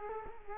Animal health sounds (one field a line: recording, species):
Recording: mosquito wingbeat signal from an infrared sensor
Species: Culex quinquefasciatus